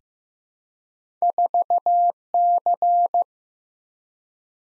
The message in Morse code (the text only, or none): 4C